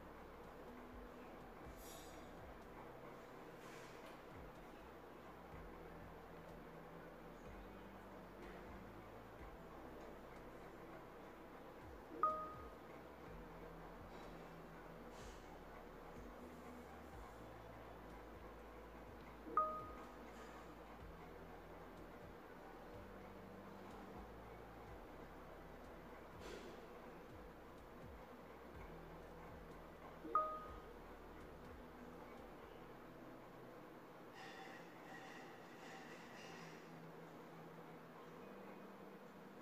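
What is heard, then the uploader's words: A cozy home ambience: a steady low rumble with a deep hum that shifts pitch in blocks, like a running appliance or passing traffic. Short sharp clicks with a brief ring stand out around 12, 20 and 30 seconds. Cozy home ambience.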